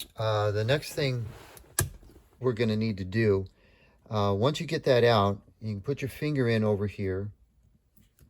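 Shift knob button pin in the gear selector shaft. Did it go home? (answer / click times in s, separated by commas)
released / 8.2 s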